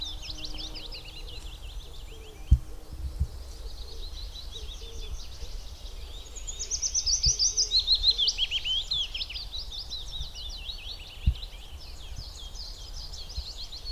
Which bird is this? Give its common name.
Willow Warbler